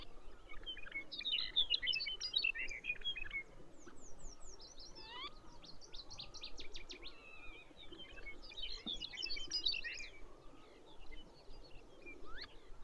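Several birds call and sing at once throughout, a busy mix of high chirps, trills and quick descending whistles, including a bluethroat among the arctic species. Bursts of dense twittering come around two seconds and again near nine to ten seconds. A soft low rumble runs underneath.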